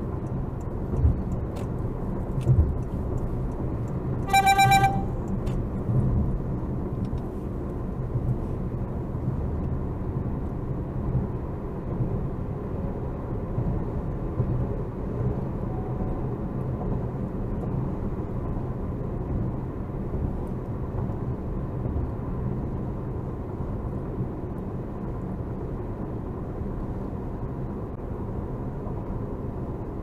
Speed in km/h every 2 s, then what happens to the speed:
90, 92, 89, 89, 90, 93, 97, 97, 92, 90, 92, 90, 90, 92, 92.
0-7 steady at about 89. 7-14 speeds up to 97. 14-17 slows to 90. 17-30 steady at about 90.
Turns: none.